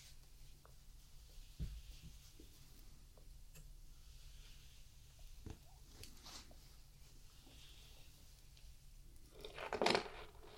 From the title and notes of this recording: Nothing fancy, just a relaxing night spent brushing my cat, Lenny.